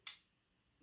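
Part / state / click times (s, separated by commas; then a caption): rear set trigger in flintlock trigger mechanism / seated / 0.1 s. The rear trigger of a double set trigger in a flintlock trigger mechanism is pulled until it clicks, setting the front trigger as a hair trigger. A single sharp, bright click at 0.1 s fades out within about two tenths of a second, followed by near silence. The rear trigger has clicked into its set position.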